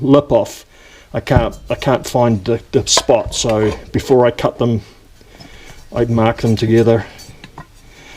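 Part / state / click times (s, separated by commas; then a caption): headlight actuator canister part into canister assembly / seated / 7.4 s, 7.6 s. A part of a pot-metal headlight actuator canister from a Lincoln Continental is fitted into the canister assembly during a rebuild while someone talks. Two quick, sharp clicks at 7.4 s and 7.6 s mark it locking into place on the first try.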